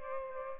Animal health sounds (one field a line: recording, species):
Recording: mosquito wingbeat signal from an infrared sensor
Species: Culex pipiens